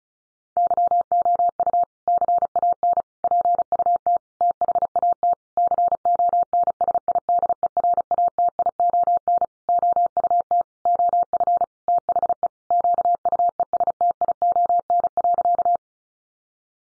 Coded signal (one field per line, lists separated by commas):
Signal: Morse code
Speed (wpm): 34 wpm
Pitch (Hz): 700 Hz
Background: none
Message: YOU CAN PUT THAT CONSIDERATION OUT OF THE QUESTION.